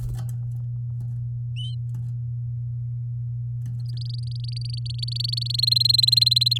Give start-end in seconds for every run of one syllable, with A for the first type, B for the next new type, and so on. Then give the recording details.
3.89-5.61 A, 5.62-6.58 B. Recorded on 7 May 2018 at 07:50. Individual llb16